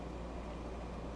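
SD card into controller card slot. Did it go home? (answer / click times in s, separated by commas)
no / none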